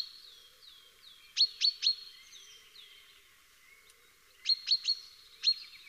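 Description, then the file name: Common chaffinch giving sharp, clipped call notes in two bursts of three or four, with faint thin falling whistles between them. "Fringilla coelebs"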